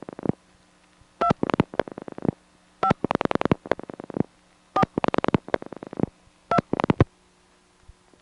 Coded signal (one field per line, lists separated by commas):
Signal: DTMF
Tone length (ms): 70 ms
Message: 2 5 4 2